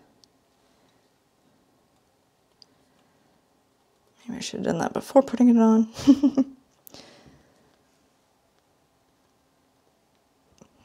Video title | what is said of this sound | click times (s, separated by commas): Sennheiser MKE 600 Shotgun Microphone (Unboxing and Setup) | okay i think that's then i didn't hear any clicks | none